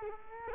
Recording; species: mosquito wingbeat signal from an infrared sensor; Culex quinquefasciatus